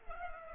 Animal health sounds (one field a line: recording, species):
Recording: mosquito wingbeat signal from an infrared sensor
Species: Culex pipiens